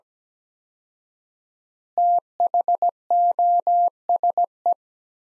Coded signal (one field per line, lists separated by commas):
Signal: Morse code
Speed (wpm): 17 wpm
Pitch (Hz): 700 Hz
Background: none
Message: THOSE